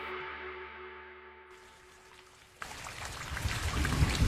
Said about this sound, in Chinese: 吧嗒吧嗒，轻柔的雨滴淅淅沥沥落下，没多久便汇聚成一场呼啸的山雨，将这片山林笼罩上一层迷蒙的雨雾。